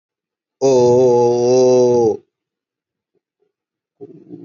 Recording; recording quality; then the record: sustained vowel as in boot; excellent, no background noise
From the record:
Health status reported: healthy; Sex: male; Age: 30 years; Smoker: yes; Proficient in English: yes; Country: India